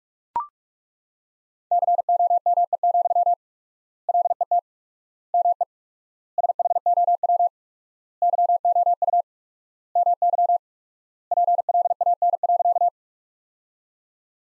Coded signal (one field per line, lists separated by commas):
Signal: Morse code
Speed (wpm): 41 wpm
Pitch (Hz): 700 Hz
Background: none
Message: COME, LET ME SHOW YOU MY PLAN.